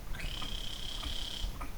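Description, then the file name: Eastern lesser bamboo lemur gives a single high, thin, level whistle lasting over a second, over a low rumbling background noise. Recorded at Andasibe, Madagascar. "Hapalemur griseus Andasibe"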